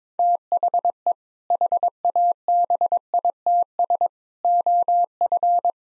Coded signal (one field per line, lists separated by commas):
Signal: Morse code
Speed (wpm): 22 wpm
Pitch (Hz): 700 Hz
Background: none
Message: THE HABITS OF